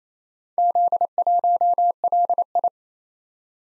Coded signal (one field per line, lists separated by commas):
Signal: Morse code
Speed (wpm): 28 wpm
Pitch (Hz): 700 Hz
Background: none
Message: Z1LI